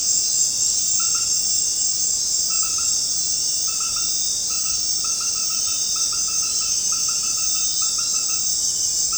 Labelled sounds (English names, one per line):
none